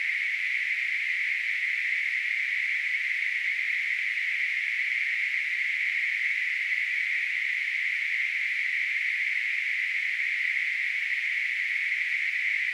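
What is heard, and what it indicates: A steady, unchanging hiss sits in a narrow mid-to-high band, with no pauses, pulses or other sounds. This simulates tinnitus: a constant noise heard in the ears without any outside source.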